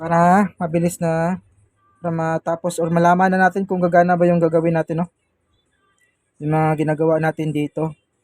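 During a repair of a TCL 43-inch Android TV with good backlight but no picture, a TV internal cable connector is being reattached to its board socket after the board was taped. A man talks throughout, with pauses between phrases. Nothing has seated or clicked yet.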